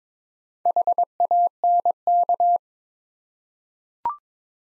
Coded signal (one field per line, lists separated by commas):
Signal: Morse code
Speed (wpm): 21 wpm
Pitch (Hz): 700 Hz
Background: none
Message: HANK